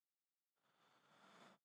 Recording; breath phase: one breath near a microphone; inhalation